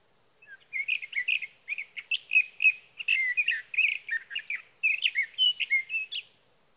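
Sage thrasher singing a continuous jumbled warble of quick varied notes, sweet slurs alternating with harsher chips.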